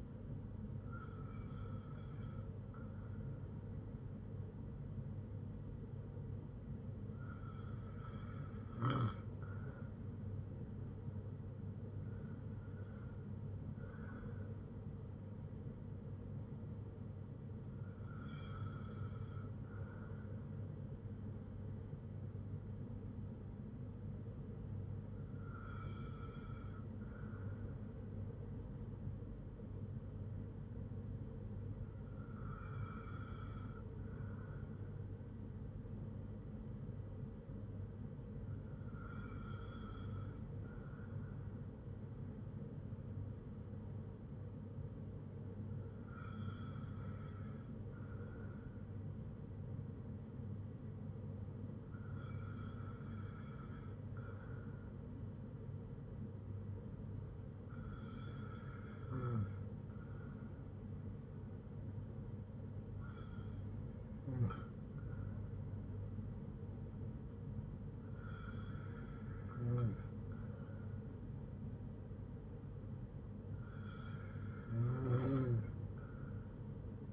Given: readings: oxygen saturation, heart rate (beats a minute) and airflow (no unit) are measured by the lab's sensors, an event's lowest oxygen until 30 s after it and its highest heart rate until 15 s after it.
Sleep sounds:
breathing in sleep by a smartphone at the bedside; none
none scored
From the record:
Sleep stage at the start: N2 (light sleep); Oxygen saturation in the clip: 94 to 96%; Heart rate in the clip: 53 to 67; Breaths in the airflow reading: 13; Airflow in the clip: -4.8 to 4.1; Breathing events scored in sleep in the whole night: 182 in 7.4 hours asleep

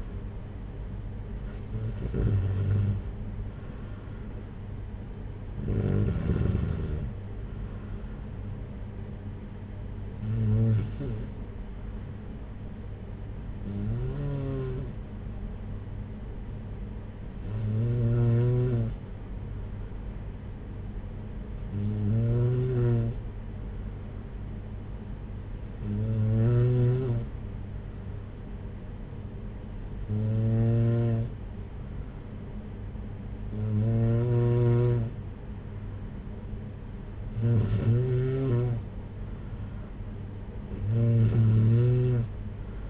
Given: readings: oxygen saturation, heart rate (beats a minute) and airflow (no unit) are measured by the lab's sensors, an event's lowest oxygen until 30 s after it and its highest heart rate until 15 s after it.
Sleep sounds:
breathing in sleep by a smartphone at the bedside; none
none scored
From the record:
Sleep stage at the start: N2 (light sleep); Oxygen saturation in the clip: 93 to 94%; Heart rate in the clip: 56 to 62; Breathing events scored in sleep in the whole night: 226 in 8.8 hours asleep

